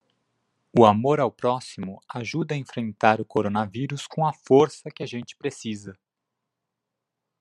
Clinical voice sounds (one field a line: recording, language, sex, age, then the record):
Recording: spoken sentence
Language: Brazilian Portuguese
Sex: male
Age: 20 to 29 years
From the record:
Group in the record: control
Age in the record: 22 years